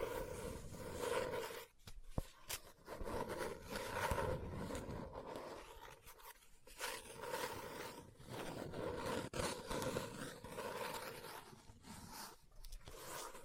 Book Tapping, Scratching, Page Turning